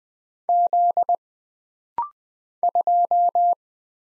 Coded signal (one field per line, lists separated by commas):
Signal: Morse code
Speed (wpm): 20 wpm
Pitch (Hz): 700 Hz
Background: none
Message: Z 2